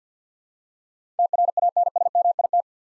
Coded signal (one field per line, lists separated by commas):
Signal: Morse code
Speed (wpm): 47 wpm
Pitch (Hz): 700 Hz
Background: none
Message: TRANSMIT